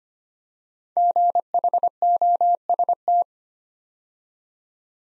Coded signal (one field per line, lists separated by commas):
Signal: Morse code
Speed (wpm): 25 wpm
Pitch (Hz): 700 Hz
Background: none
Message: GHOST